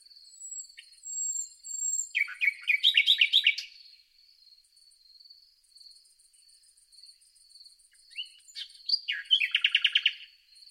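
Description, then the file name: Common nightingale singing two phrases, each a quick run of rapid repeated chattering notes after a brief whistle, with a long silent gap between and a constant high hiss-like tone behind. "Luscinia megarhynchos"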